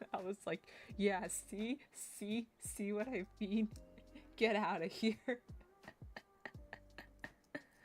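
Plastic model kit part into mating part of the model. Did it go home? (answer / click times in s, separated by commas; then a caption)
no / none. Someone talks for the first five seconds, then a plastic part of an MGSD Wing Gundam Zero EW Gunpla model kit is pressed into its mating part. This produces a series of light, sharp ticks at about 6.2, 6.5, 6.7, 7.0, 7.2 and 7.6 seconds. The part has not clicked into place yet.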